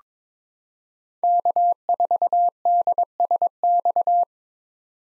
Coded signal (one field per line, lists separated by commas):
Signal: Morse code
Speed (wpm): 22 wpm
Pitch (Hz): 700 Hz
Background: none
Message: K4DSX